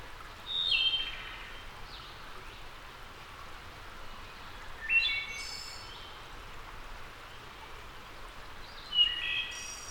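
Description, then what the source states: Wood thrush singing three fluty, liquid phrases about four seconds apart, some ending in a thin high trill, against constant soft hissing background noise. Labelled as a return.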